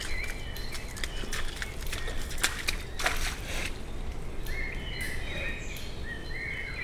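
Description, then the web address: Brown bear snuffling and breathing, noisy breathy bursts with steps in the first half, then bird chirps in the background. Captive brown bear in a zoo in Pécs, 2017, snuffling and breathing while walking after rain. "pecsizoo. barnamedve"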